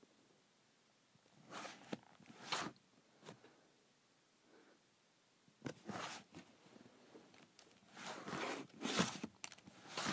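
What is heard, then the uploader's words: A calculator cover slides on and off in short scraping strokes, bright and hissy, each lasting under a second. Strokes come in a cluster near 1.5–2.5 seconds, pause through a quiet gap around 4–5 seconds, then return more densely from about 5.5 seconds to the end. Sliding my Calculator Cover.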